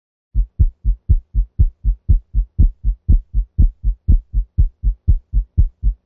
Physiologic splitting of S2 is often not detectable in dogs and cats under routine clinical circumstances. Physiologic splitting of S2 at the base of the heart. Listen at 120 beats per minute.